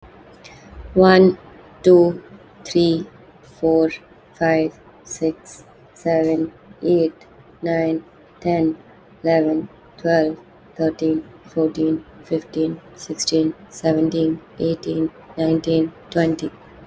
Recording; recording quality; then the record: counting at a normal pace; excellent, no background noise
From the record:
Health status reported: healthy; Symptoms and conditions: none ticked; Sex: female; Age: 28 years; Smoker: yes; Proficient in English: yes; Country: India